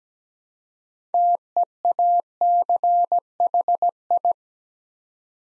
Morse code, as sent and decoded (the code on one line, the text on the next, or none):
- . .- -.-. .... ..
TEACHI